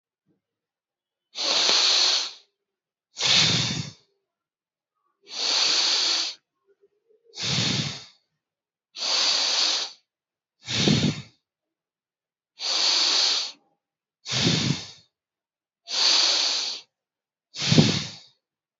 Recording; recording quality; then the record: deep breathing; excellent, no background noise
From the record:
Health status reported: healthy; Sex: male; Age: 42 years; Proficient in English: yes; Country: India